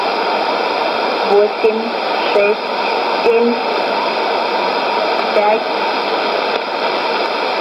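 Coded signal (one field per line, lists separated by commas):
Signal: numbers station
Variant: S06s, Russian female voice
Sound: strong hiss with a faint female voice reading short spaced words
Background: radio static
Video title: 28 10 2019 S06s Russian Lady numbers station in Russian to Eu 1215 on 11460 unknown tx site USB+AM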